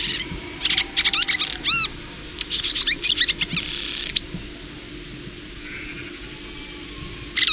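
Welcome swallow chattering with clipped high chirps and curved notes, then a rasping buzzy trill, a quiet pause, and a last chirp at the end.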